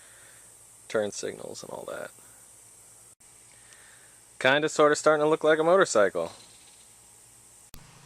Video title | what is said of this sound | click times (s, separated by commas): How to build a motorcycle. | Loading up the headlight, and that just snaps right in here. | 7.7 s